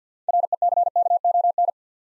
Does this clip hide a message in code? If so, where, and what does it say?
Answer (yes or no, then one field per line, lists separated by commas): yes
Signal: Morse code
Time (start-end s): 0.3-1.7 s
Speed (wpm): 48 wpm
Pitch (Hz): 700 Hz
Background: none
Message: RECKON